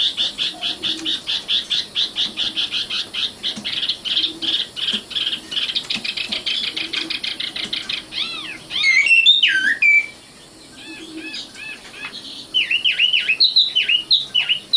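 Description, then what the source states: Oriental magpie-robin song: a fast run of rapid buzzy chattering notes, then looping whistled slurs and varied sweet phrases after a brief pause. Kacer song.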